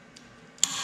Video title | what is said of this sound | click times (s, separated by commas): Hodaka Combat Wombat Restoration Part 3 | you hear it pop? That was when the fingers popped back out. | 0.6 s